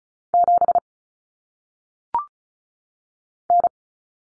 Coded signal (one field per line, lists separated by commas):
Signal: Morse code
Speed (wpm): 36 wpm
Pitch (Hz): 700 Hz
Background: none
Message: 7 N